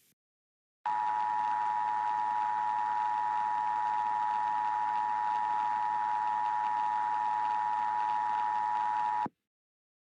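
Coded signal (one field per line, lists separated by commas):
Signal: Emergency Alert System (SAME) tones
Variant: 853 and 960 Hz attention tone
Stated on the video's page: Fictional hurricane EAS scenario, simulated alert.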